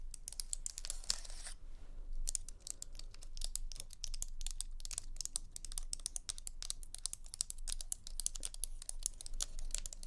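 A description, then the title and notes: Tapping goes on throughout in quick, irregular clusters of short, sharp clicks, much like typing on a keyboard. A brief lull falls near the two-second mark before the taps resume densely. A low, steady rumble sits underneath. Tapping.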